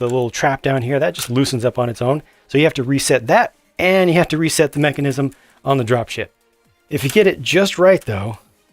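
Someone talks while handling the spring clamp mechanism of a 2009 LEGO Star Wars Republic Dropship, set 10195, a plastic brick model, as it is lowered toward the AT-OT walker model it is meant to lock onto. Nothing has seated or clicked yet.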